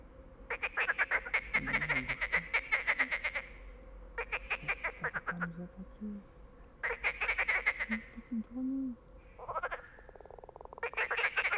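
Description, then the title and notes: Frogs give long rattling croak trains in bursts every few seconds, with a few low, hollow tonal sounds underneath. Many frogs calling all night at a small pond by the Loire near Bréhémont, France; ignored recordist's attempts to make them answer; call when distant freight trains pass; Oktava MK012 ORTF, MixPre, Zoom H4n. "37130 Bréhémont, France - Trying to communicate with Frogs. un étang peuplé de grenouilles qui se sont mise à chanter toute la nuit. Elles se mettent cependant à chanter lorsqu'un train de marchandises passe au loin. A little pond next to the river Loire where we tried to sleep untill a bunch of frogs begin to sing"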